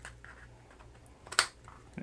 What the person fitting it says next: And you hear it click, and you're good to go.